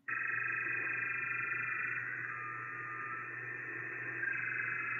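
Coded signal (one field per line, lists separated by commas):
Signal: unidentified radio signal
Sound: steady harsh warbling chord of many tones, buzzy and croaking, throughout the clip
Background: radio static, low hum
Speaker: and that weird noise is the signal that was broadcasting on the Russian nuclear war frequency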